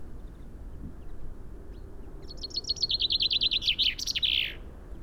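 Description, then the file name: Common chaffinch song: a bright, rapid run of repeated notes that descends gradually and ends in a short flourish, over a steady low rumble. "Fringilla coelebs"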